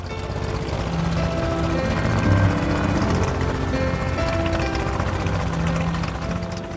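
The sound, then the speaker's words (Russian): A small yellow propeller plane's engine, just started, hums steadily on a jungle airstrip while the plane shakes, a dense, rumbling drone with wavering tonal whines layered on top, loud and unbroken from start to finish. “Мотор загудел, и маленький самолет стало трясти, как в лихорадке.”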